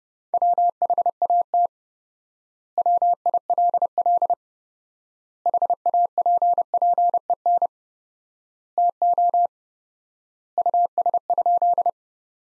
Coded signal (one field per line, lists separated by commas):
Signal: Morse code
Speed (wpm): 32 wpm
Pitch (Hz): 700 Hz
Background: none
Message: WHAT WILL HAPPEN TO US?